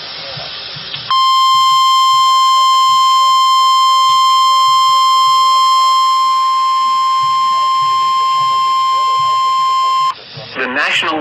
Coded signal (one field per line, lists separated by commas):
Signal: Emergency Alert System (SAME) tones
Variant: 1050 Hz attention tone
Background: speech